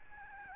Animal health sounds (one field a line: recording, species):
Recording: mosquito wingbeat signal from an infrared sensor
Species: Aedes albopictus